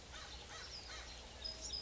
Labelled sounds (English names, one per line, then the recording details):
American Crow
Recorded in Sonoma County, California